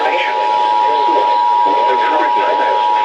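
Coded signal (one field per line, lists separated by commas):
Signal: Emergency Alert System (SAME) tones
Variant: 853 and 960 Hz attention tone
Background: speech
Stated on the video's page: Real severe weather alerts received from NOAA weather radio stations, FM radio stations and TV subchannels.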